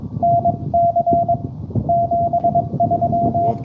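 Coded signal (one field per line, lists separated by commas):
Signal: Morse code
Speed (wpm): 23 wpm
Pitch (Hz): 700 Hz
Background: radio noise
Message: NC 73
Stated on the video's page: Live POTA park activation in Morse code.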